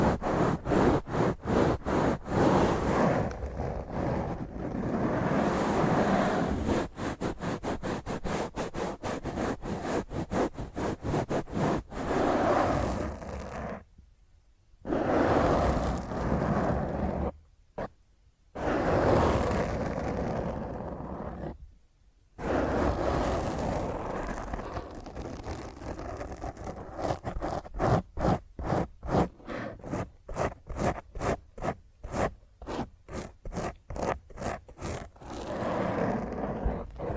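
Rough, harsh scratching of fingernails across a microphone, in dense rapid strokes that blur into continuous rasping. The scratching stops abruptly several times around the middle, with silent gaps near 14, 17 and 22 seconds. Toward the end it turns into faster, evenly spaced strokes.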